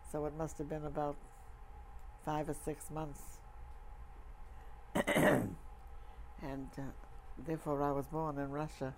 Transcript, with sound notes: so it must have been about five or six months. [clears throat] And therefore I was born in Russia.